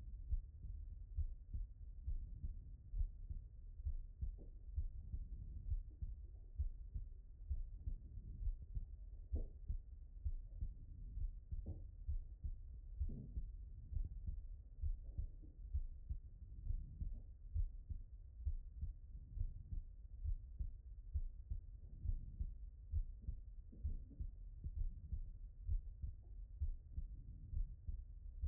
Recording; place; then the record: heart sounds by stethoscope; pulmonary valve (PV)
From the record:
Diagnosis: non-HFrEF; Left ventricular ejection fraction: 58%